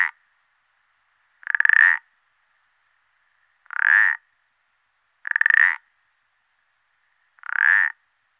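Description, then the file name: Common parsley frog giving repeated creaky, ratcheting croaks, each roughly half a second, spaced irregularly every one and a half to two and a half seconds against a silent background. "pelodyte ponctuee"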